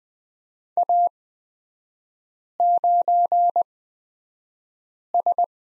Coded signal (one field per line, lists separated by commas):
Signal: Morse code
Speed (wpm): 20 wpm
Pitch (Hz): 700 Hz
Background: none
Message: A9S